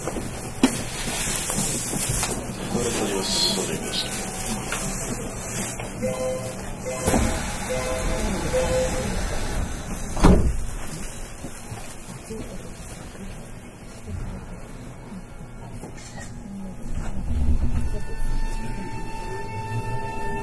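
A Nankai 8300 series airport express runs with a steady low rumble, rising tones and clunks, louder swells near ten and seventeen seconds.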